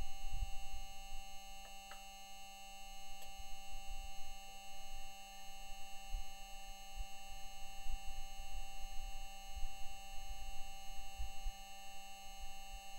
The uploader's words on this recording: This recording was made by the Perseverance Mars rover. The puffs and pings of the rover’s Gaseous Dust Removal Tool (gDRT) were collected using a microphone on the rover’s chassis. The gRDT has a tank of nitrogen gas and is used during sample collection to blow the dust away and reveal the fresh rock surface underneath. Puffs and Pings of Gaseous Dust Removal Tool.